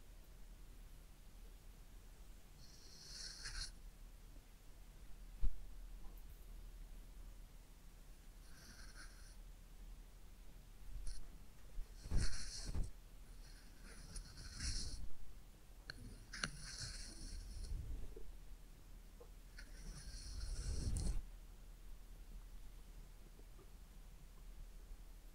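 A head massage and ear cleaning, heard as soft scratchy rubbing in short bursts around 3, 9, 12 to 17 and 20 to 21 seconds, with brighter hissing textures. Quiet low rustles and breathy sounds fill the gaps, with a sharp tap near 5 seconds.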